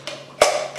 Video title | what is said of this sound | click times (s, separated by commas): KitchenAid shredder attachments and KitchenAid food processor comparison on shredding cheese | the blade just fits in like this and you'll hear our little snap like that when it's in | 0.4 s